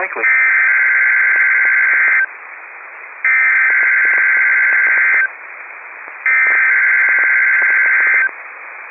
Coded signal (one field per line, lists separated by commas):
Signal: Emergency Alert System (SAME) tones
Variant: header bursts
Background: speech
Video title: Required Weekly Test - 05/22/19 (EAS #90)